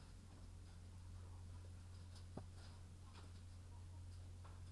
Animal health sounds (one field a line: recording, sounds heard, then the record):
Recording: poultry house recording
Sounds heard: sick chickens (respiratory disease)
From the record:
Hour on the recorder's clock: 21